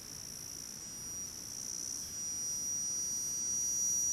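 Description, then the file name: Cicada call, a thin shrill high-pitched whine holding steady and slowly swelling, over a background of constant hiss. A distinctive, very shrill cicada in dry forest, with other cicadas in the background. "Cigarra diferente bem estridente outras cigarras no fundo na mata seca, passaros bem longe"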